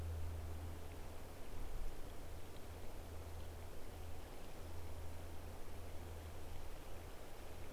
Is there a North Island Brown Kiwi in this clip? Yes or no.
no